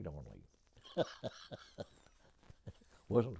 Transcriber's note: laughs